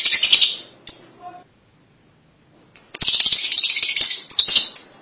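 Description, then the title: Lovebird chatter: harsh, dense high squeaking, a short silence, then a long run of rapid shrill chattering. "BM Suara Burung Lovebird"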